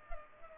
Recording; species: mosquito wingbeat signal from an infrared sensor; Culex pipiens